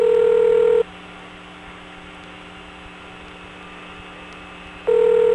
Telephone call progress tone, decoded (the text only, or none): ringback tone